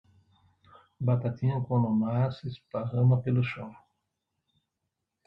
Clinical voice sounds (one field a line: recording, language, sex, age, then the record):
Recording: short text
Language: Brazilian Portuguese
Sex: male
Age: 60 to 69 years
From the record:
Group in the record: control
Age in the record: 62 years